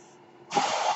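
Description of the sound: A quiet pause, then a sudden steady rushing hiss of air from a person's own mechanical ventilator delivering a breath.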